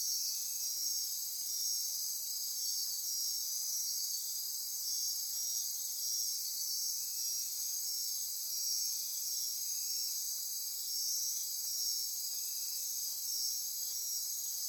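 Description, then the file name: Dense insect chorus, high steady shimmering trills overlapping continuously. Midnight insect chorus near Corcovado. "Wind-is-the-Original-Radio-Fridays 20240628 Andy-Martin Midnight-Insect-Chorus-Near-Corcovado"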